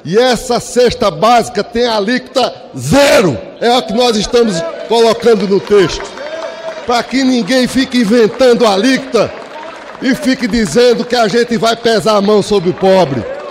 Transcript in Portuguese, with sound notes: E esta cesta básica tem alíquota zero! É a que estamos colocando no texto. (aplausos) Pra que ninguém fique inventando alíquota e fique dizendo que a gente vai pesar a mão sobre o pobre.